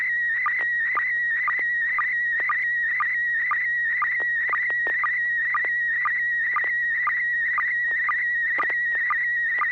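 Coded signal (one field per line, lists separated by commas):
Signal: SSTV (slow-scan television)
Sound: steady high whistling tone with quick regular ticking chirps about twice a second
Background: low hum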